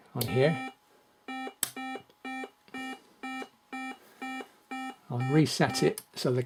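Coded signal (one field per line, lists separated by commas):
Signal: none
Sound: timer's ticking note beeps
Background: speech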